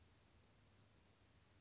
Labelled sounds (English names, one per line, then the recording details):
Western Flycatcher
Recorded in Sonoma County, California